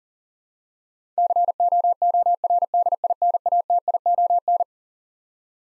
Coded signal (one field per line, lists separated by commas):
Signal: Morse code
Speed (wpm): 40 wpm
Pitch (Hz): 700 Hz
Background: none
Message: COORDINATION